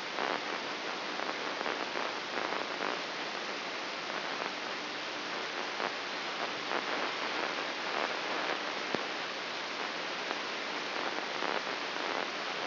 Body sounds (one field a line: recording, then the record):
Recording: brain microelectrode recording played as sound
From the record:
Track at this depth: inside the subthalamic nucleus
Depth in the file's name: 6.261 mm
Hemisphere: left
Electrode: 3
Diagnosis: Parkinson's disease